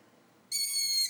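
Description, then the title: Long-eared owl uttering one shrill, level squeak after a short silence. Heard every evening at Dniprorudne; females give squeaks, while males make sounds resembling laughter or grunting. "Ушастая Сова at Дніпрорудне"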